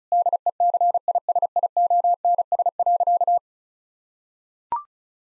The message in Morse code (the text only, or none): DECISIONS.